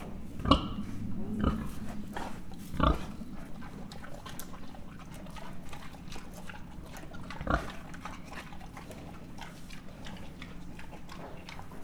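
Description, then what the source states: Mangalica pig grunting in short, deep bursts, four clear grunts in the first eight seconds, then quieter sounds over a steady background hum. Mangalica pig, standard type, at a zoo in Miskolc, 2009, grunting, recorded close-up.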